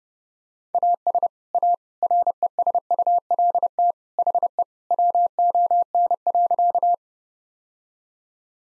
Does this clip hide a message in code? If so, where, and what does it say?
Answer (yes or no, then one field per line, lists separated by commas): yes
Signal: Morse code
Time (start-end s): 0.7-6.9 s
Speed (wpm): 32 wpm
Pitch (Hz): 700 Hz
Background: none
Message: AS A RESULT HE WON.